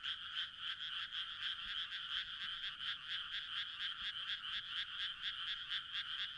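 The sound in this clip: Frog giving a high, rapid trilling pulse repeated about twice a second over a steady buzz.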